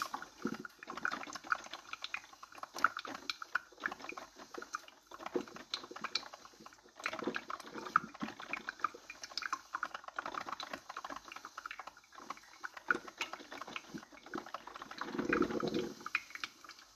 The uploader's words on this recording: Coffee brewing.